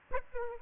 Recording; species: mosquito wingbeat signal from an infrared sensor; Aedes aegypti